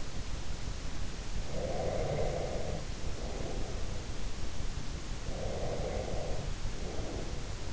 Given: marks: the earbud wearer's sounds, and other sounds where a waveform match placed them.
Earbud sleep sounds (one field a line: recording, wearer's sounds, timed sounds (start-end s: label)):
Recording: sounds in sleep by an in-ear microphone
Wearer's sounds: breath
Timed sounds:
1.41-4.08 s: breath
5.25-7.73 s: breath